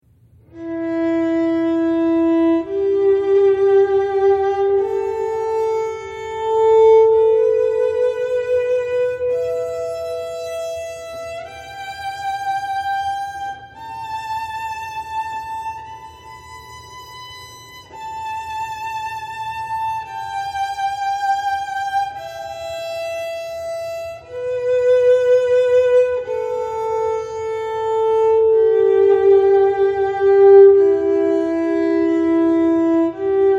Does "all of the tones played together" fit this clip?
yes